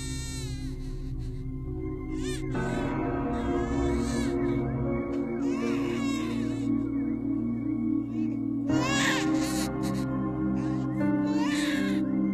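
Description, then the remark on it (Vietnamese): Shrill wailing of children crying, layered over a low, sustained droning hum, with piercing high cries surging in bursts for an eerie, unsettling effect that stays loud throughout. “Trong đầu của cô Mận vang lên là tiếng cười, tiếng trẻ con khóc choe choé đến rợn cả người”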